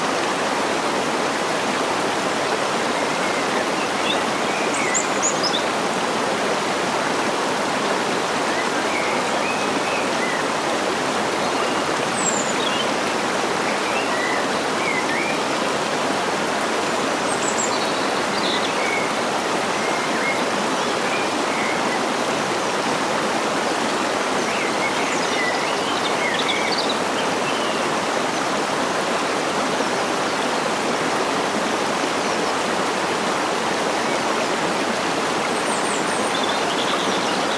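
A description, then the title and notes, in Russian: Water rushes steadily near a quiet lake, a dense, even hiss with a distant waterfall roar, while small birds chirp faintly and sporadically throughout. Медитация у Озера и Пение Птиц. Рядом с тихим озером, где легкий шелест воды и далекий шум водопада, наряду с тихим шорохом леса, создают гармоничный фон для пробуждения рассвета. Записанный сразу после восхода солнца, этот эпизод сочетает в себе эпизодические щебетания ранних птиц с едва слышными шепотами природы.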